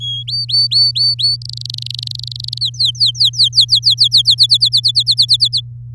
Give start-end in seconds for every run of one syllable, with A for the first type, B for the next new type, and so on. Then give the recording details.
0.00-0.23 A, 0.27-1.36 B, 1.42-2.58 C, 2.61-4.22 D, 4.25-5.61 E. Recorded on 7 May 2018 at 14:06. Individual llb16